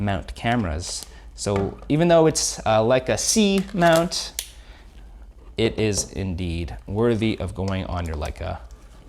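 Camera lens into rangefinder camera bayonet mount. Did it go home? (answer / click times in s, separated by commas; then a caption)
no / none. A vintage Leica 40mm Summicron-C lens is handled at the bayonet mount of an M-mount rangefinder camera body while someone talks, with a faint short tap near 5.0 s. Nothing has seated or clicked into place yet.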